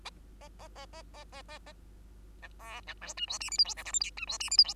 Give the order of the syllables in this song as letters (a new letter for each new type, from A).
A A A A A A A A B C B D E F G H I J K L M N E F G H I J